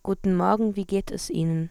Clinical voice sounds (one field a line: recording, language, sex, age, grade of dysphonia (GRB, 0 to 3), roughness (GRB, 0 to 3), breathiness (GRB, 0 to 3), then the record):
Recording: spoken sentence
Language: German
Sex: female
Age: 20 to 29 years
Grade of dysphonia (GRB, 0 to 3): 1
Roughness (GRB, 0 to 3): 1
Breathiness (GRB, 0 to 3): 0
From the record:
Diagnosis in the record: functional dysphonia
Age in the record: 20 years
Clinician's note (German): Bei angegebenem Stimmberuf